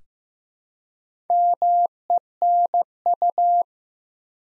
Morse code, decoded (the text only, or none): MENU